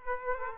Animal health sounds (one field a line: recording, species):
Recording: mosquito wingbeat signal from an infrared sensor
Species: Aedes aegypti